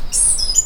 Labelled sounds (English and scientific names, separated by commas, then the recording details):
Stitchbird (Notiomystis cincta) song
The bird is a male
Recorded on Tiritiri Matangi Island, New Zealand, in 2005
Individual 9, of nest box 11